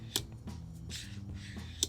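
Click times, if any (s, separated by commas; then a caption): 0.2 s, 1.8 s. Pressing the marked push point on the plastic charging case of JVC HA-XC90T Xtreme Xplosive wireless earbuds gives a sharp latch click at 0.2 s and another at 1.8 s, over a steady low background hum. The latch releases and the case lid opens to reveal the earbuds.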